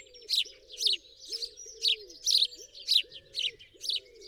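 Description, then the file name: House sparrow chirps, harsh and bright, delivered in a slightly uneven run about twice a second, with a quiet low warbling underneath. "Passer domesticus"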